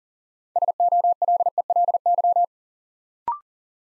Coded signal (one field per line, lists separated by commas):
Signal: Morse code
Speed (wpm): 39 wpm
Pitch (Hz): 700 Hz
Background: none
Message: SOLELY